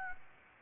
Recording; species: mosquito wingbeat signal from an infrared sensor; Aedes aegypti